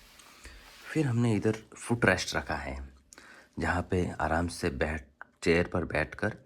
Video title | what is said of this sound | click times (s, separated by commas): How to design a study table - study table कैसे बनाये 🤔 | और ऐसे लॉक हो जाता है। | 0.4 s